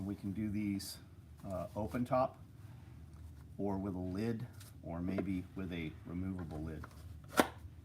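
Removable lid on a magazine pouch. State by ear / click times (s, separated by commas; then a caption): seated / 7.4 s. Someone talks while a removable lid is fitted onto a magazine pouch. A short, sharp click comes at 7.4 s as the lid locks into place.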